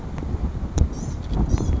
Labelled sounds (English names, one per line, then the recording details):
Blue-gray Gnatcatcher
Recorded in Sonoma County, California